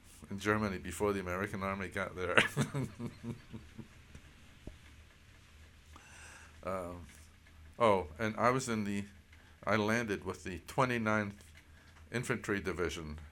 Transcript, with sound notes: in Germany before the American army got there. (chuckles heartily) Oh, and I was in the, I landed with the 29 th Infantry division.